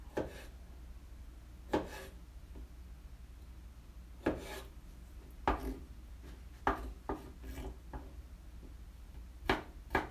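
Kitchen sounds: a low steady hum runs underneath while sharp knocks and clatters land irregularly, around every one to two seconds, with a few short bursts close together near the seven-second mark. Between them come soft rubbing, scraping noises, like wood handled.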